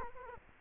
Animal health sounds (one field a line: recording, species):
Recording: mosquito wingbeat signal from an infrared sensor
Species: Culex quinquefasciatus